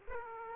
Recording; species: mosquito wingbeat signal from an infrared sensor; Aedes aegypti